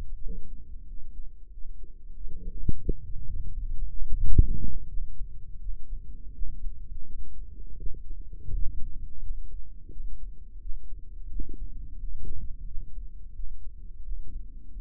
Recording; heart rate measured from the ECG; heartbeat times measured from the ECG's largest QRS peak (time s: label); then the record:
heart sounds by microphone in the right ear; 87 bpm
0.21 s: heartbeat
0.87 s: heartbeat
1.51 s: heartbeat
2.15 s: heartbeat
2.81 s: heartbeat
3.49 s: heartbeat
4.17 s: heartbeat
4.87 s: heartbeat
5.59 s: heartbeat
6.33 s: heartbeat
7.05 s: heartbeat
7.77 s: heartbeat
8.49 s: heartbeat
9.21 s: heartbeat
9.91 s: heartbeat
10.60 s: heartbeat
11.29 s: heartbeat
11.99 s: heartbeat
12.66 s: heartbeat
13.34 s: heartbeat
14.03 s: heartbeat
14.72 s: heartbeat
From the record:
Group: healthy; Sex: male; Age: 57 years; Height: 188 cm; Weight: 106 kg